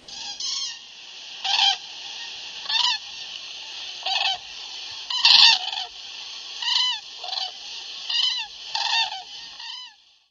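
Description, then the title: Common crane loud trumpeting calls, harsh rolling notes with strong overtones, repeated in a series of bursts. Recorded at Mittelstracke, Germany. "Der ho--rbare Adventskalender 2021-Streifzu--ge - Ho--rchen 16-Mittelstracke - Kranich"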